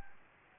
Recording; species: mosquito wingbeat signal from an infrared sensor; Anopheles gambiae